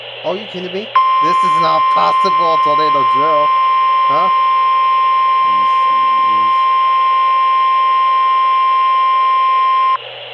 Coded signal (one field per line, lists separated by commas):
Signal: Emergency Alert System (SAME) tones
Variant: 1050 Hz attention tone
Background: speech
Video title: I FINISH THE PICTURE OR GLUE ON IT... EAS Alerts From 3/10/26 (EAS#5,232 - 5,251)